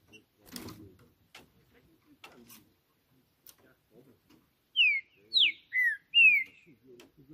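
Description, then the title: Green-winged saltator giving four clear, falling whistled notes near the end, preceded by clicks, taps and low rustling. Singing on a roof in a singing contest, described as competing and showing male dominance behaviour. "Trinca Ferro CANTANDO MUITO de CARA em CIMA do TELHADO! Disputa INSANA!! TRINCA JUSTICEIRO & FBI"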